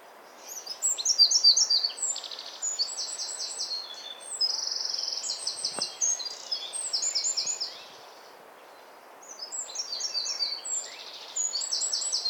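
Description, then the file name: Eurasian wren singing two bursts of rapid, high trills and sharp tinkling notes, with a brief pause between them, against steady low background noise. "Troglodytes troglodytes"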